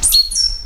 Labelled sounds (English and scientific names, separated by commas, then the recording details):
Stitchbird (Notiomystis cincta) song
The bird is a male
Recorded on Tiritiri Matangi Island, New Zealand, in 2005
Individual 20, of nest box 28